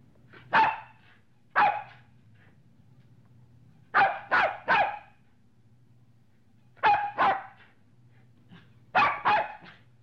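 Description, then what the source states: Dog gives short harsh barks, singly and in runs of two or three, separated by silent gaps, with a faint low hum behind. Medium-sized dog.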